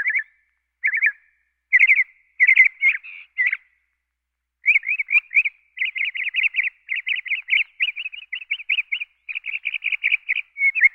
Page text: Northern Cardinal. Quick Sounds